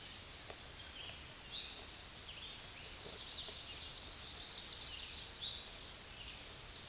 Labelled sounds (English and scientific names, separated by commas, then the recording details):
Tennessee Warbler (Leiothlypis peregrina) song
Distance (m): 35 m
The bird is about 15 m above the microphone
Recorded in a Pennsylvania forest on 16 May 2024 at 09:05
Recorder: AudioMoth, point MSD-2443
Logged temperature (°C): 16.4 °C
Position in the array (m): 180 m, 213 m